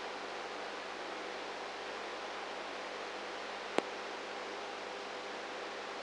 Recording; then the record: brain microelectrode recording played as sound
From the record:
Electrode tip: inside the subthalamic nucleus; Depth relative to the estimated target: -3 mm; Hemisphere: right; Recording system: NeuroSet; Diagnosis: Parkinson's disease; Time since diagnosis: 19 years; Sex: female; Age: 58 years